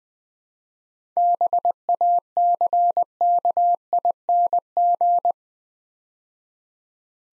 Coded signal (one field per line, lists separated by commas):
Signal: Morse code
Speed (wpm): 20 wpm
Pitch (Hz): 700 Hz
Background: none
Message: BACKING